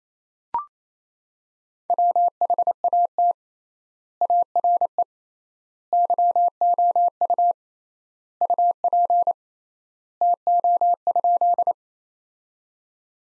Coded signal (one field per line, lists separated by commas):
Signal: Morse code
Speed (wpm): 28 wpm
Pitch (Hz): 700 Hz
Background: none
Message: WHAT ARE YOU UP TO?